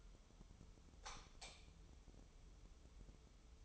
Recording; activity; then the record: daily activity, microphone in the room; light off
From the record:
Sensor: 1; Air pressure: 988.4 hPa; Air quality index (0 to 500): 198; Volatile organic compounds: 1000 ppm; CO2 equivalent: 5283 ppm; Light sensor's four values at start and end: 12/37/14/15 and 8/21/8/10